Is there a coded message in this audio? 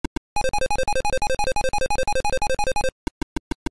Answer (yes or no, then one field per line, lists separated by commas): no